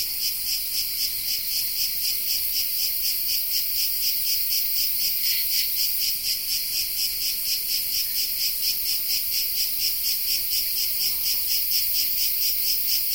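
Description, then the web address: Cicada singing a steady, dense high-pitched buzz with fast, even pulsing throughout, a shrill unbroken drone and no other sounds standing out. Cicada of the genus Tettigia recorded in the Peloponnese in the morning. "Peloponnes akustik. Tettigia Cicada"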